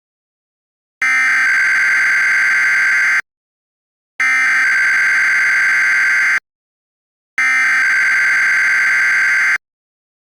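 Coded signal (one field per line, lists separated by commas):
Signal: Emergency Alert System (SAME) tones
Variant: header bursts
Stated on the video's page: Mock monthly test alert, not a real broadcast.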